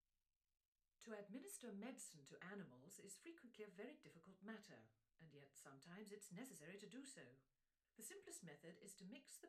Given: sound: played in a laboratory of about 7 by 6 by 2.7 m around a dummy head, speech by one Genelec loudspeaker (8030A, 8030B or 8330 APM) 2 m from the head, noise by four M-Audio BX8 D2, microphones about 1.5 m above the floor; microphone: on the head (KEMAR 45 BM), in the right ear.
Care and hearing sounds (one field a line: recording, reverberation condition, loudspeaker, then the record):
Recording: female speech in English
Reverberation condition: low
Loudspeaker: 150 degrees to the right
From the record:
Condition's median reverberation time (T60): about 310 ms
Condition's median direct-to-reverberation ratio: about 3.5 dB